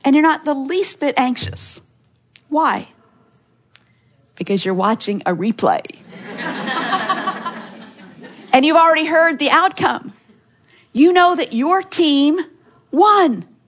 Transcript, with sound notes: You’re not the least bit anxious. Why? Because you’re watching a replay. (laughter) You’ve already heard the outcome. You know that your team won!